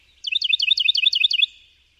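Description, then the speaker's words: Wren song, a fast, ringing run of about seven paired high notes, alternating up and down, lasting just over a second. Among the noisiest species in the Americas, with loud chants and trills out of proportion to their slender bodies. "Some of the noisiest species in the Americas are the wrens, their loud chants and trills all out of proportion to the slightness of those slender bodies."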